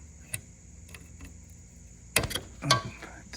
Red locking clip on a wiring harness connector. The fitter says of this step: so I got that one to click off and hopefully I can depress it and pull